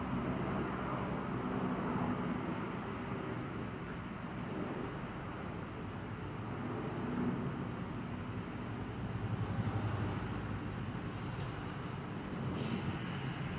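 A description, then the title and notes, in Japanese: Ambient sound recorded from a house window: a steady, dense low rumble like traffic runs throughout with little change in level. Near the end, around twelve to thirteen seconds, a couple of faint, thin high chirps briefly appear. 私の家の窓辺から録音した環境音。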